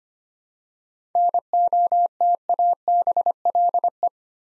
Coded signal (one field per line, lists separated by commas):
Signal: Morse code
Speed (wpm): 25 wpm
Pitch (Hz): 700 Hz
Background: none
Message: NOTABLE